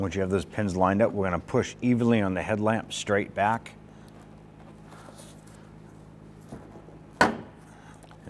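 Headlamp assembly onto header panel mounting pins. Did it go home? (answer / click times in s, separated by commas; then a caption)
yes / 7.2 s. A headlamp assembly on a 1994-2004 Ford Mustang is lined up with its mounting pins on the header panel and pushed evenly straight back into the plastic brackets while someone talks. After a quiet pause, a sharp pop at 7.2 s marks the pins snapping into place, and the headlamp is seated.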